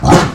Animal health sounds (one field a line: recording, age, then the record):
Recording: pig call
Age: growing-finishing pig (85 days or more)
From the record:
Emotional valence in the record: positive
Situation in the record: run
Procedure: transit